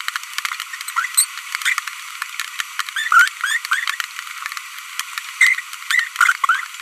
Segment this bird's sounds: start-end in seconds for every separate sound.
0.97-1.06, 1.18-1.24, 1.62-1.73, 2.96-3.08, 3.12-3.28, 3.41-3.58, 5.41-5.60, 5.91-6.07